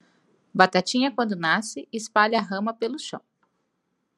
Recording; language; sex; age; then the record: short text; Brazilian Portuguese; female; 20 to 29 years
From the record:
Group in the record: control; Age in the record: 29 years